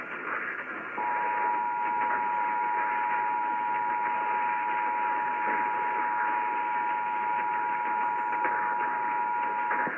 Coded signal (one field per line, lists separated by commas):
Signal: Emergency Alert System (SAME) tones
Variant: 853 and 960 Hz attention tone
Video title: Ohio Required Monthly Tests (EAS #880-881)